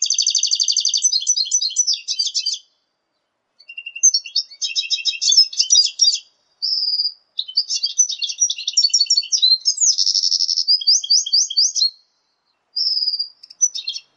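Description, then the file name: Red siskin x canary hybrid song: fast high trills alternating with short pure whistles and buzzy chattering phrases, broken by several brief pauses. "hibrid red siskin x kenari omkicau"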